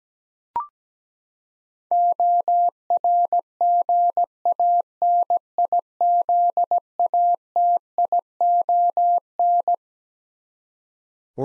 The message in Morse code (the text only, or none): ORGANIZATION